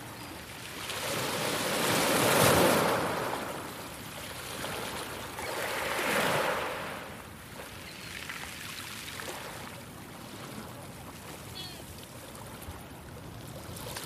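Sea surf rushes in broad swells, with the loudest wash building around two to three seconds and a second, softer surge near six seconds. After that the water settles into a lower, steady hiss. The surf sounds full, with little else in the background.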